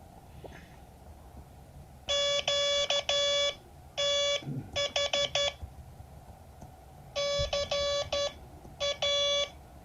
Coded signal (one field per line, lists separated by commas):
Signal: Morse code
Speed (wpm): 12 wpm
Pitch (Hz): 570 Hz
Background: none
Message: QTH CA